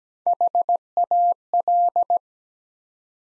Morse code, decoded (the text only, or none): HAL